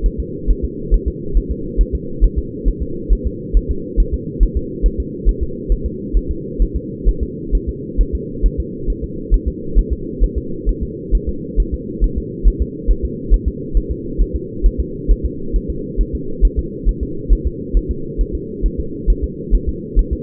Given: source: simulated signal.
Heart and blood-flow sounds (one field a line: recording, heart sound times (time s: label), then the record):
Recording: fetal heart sounds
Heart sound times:
0.06 s: S1
0.20 s: S2
0.50 s: S1
0.65 s: S2
0.94 s: S1
1.08 s: S2
1.37 s: S1
1.51 s: S2
1.81 s: S1
1.95 s: S2
2.24 s: S1
2.38 s: S2
2.68 s: S1
2.82 s: S2
3.13 s: S1
3.27 s: S2
3.57 s: S1
3.71 s: S2
4.00 s: S1
4.14 s: S2
4.43 s: S1
4.57 s: S2
4.86 s: S1
5.00 s: S2
5.29 s: S1
5.43 s: S2
5.72 s: S1
5.86 s: S2
6.17 s: S1
6.31 s: S2
6.62 s: S1
6.76 s: S2
7.09 s: S1
7.23 s: S2
7.55 s: S1
7.69 s: S2
8.01 s: S1
8.15 s: S2
8.46 s: S1
8.60 s: S2
8.90 s: S1
9.04 s: S2
9.34 s: S1
9.48 s: S2
9.78 s: S1
9.93 s: S2
10.24 s: S1
10.38 s: S2
10.69 s: S1
10.83 s: S2
11.15 s: S1
11.29 s: S2
11.60 s: S1
11.74 s: S2
12.04 s: S1
12.18 s: S2
12.47 s: S1
12.62 s: S2
12.91 s: S1
13.05 s: S2
13.34 s: S1
13.48 s: S2
13.77 s: S1
13.91 s: S2
14.22 s: S1
14.36 s: S2
14.66 s: S1
14.80 s: S2
15.11 s: S1
15.25 s: S2
15.56 s: S1
15.70 s: S2
16.01 s: S1
16.15 s: S2
16.45 s: S1
16.59 s: S2
16.89 s: S1
17.03 s: S2
17.33 s: S1
17.47 s: S2
17.77 s: S1
17.91 s: S2
18.21 s: S1
18.35 s: S2
18.66 s: S1
18.80 s: S2
19.10 s: S1
19.24 s: S2
19.54 s: S1
19.69 s: S2
19.99 s: S1
20.13 s: S2
From the record:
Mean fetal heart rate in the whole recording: 135 bpm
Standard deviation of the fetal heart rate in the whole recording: 3 bpm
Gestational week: 36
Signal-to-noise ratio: -4.3 dB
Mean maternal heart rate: 72 bpm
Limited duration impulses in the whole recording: absent